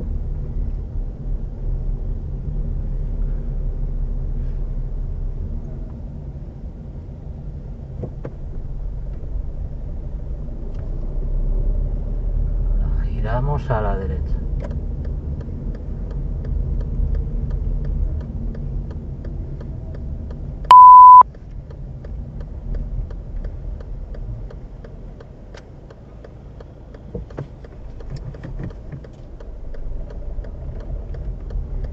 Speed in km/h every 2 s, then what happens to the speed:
16, 17, 16, 13, 9, 14, 20, 22, 21, 19, 12, 9, 2, 0, 0, 5.
3-8 slows to 9. 8-15 speeds up to 22. 15-24 slows to 2. 24-29 standing.